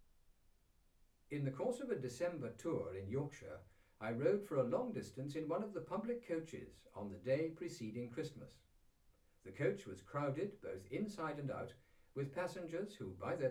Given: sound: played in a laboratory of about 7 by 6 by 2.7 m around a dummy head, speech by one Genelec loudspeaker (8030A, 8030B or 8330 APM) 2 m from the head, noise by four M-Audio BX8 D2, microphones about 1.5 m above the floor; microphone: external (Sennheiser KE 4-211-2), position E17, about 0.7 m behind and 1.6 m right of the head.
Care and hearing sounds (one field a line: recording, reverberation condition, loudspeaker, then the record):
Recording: male speech in English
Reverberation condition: low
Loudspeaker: 90 degrees to the left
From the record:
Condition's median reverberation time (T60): about 310 ms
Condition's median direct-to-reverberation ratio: about 3.5 dB